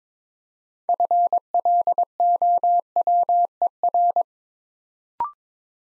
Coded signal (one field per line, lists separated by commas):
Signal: Morse code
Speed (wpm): 22 wpm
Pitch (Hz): 700 Hz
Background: none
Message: FLOWER